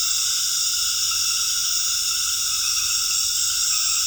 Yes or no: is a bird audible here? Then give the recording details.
no. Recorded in dense forest near Puerto Asís, Putumayo, Colombia, on 13 March 2025 at 19:00. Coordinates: 0.484, -76.325. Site G045